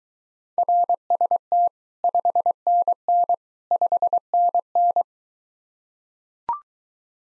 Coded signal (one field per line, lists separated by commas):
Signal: Morse code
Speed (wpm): 23 wpm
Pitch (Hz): 700 Hz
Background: none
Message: RST 5NN 5NN